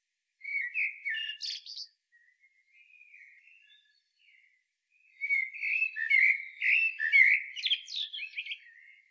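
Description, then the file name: Common blackbird song: a warbled phrase ending in a high squeal, soft subdued twittering, then a long, varied run of mellow whistles and chuckles. "Turdus merula"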